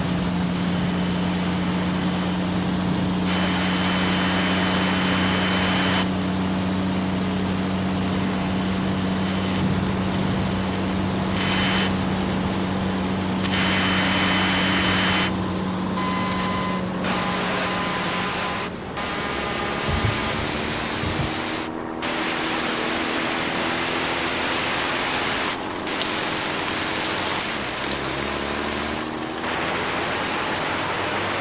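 A truck cruising at fifty miles per hour, heard from inside as a dense, steady roar of road and engine noise at constant loudness. A low engine drone holds through the first eighteen seconds, then shifts to varying, sweeping tones as the engine note changes.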